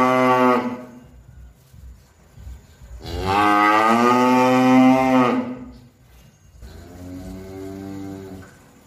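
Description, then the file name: Cow moos: a short call ending, a long loud low in the middle, and a quieter, fainter moo at the end. "suara sapi"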